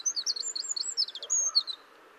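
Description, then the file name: Eurasian wren delivering a brief, shrill fragment of song, a string of quick high chips and a short trill, ending after under two seconds. "Troglodytes troglodytes"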